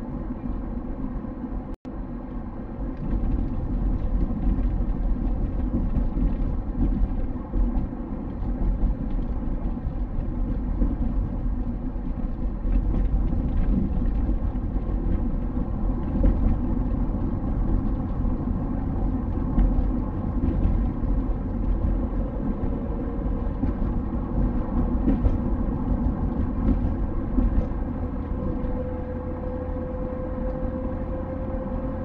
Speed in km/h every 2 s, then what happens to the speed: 49, 50, 50, 49, 59, 49, 51, 52, 54, 55, 60, 61, 62, 64, 66, 68.
0-10 steady at about 49. 10-32 speeds up to 68.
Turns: none.